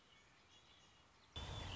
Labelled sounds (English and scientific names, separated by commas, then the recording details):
Red-winged Blackbird (Agelaius phoeniceus)
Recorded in Sonoma County, California